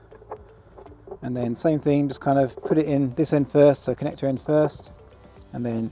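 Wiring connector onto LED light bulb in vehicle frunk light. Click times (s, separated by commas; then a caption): 0.3 s. A wiring connector is pushed onto a replacement LED bulb for the frunk light of a Rivian, and it clicks into place at 0.3 s. A couple of faint taps follow before someone talks through the rest of the clip. The connector is seated.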